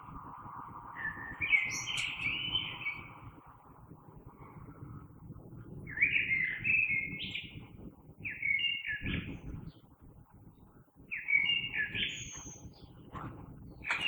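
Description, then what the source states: Common blackbird singing a few short, varied fluty phrases separated by pauses, over a low background rumble. Recorded 3 March 2020.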